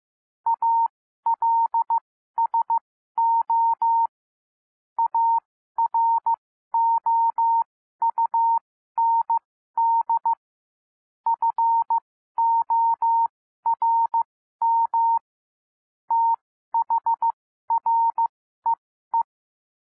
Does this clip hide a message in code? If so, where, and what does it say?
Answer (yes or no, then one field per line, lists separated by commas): yes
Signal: Morse code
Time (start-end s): 0.5-19.2 s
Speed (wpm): 15 wpm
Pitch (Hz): 920 Hz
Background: none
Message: ALSO AROUND FORM THREE